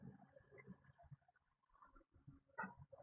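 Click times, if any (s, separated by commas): none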